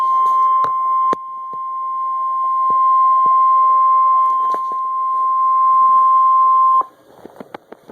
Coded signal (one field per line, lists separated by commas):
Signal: Emergency Alert System (SAME) tones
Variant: 1050 Hz attention tone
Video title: Severe Thunderstorm Warning (EAS #294)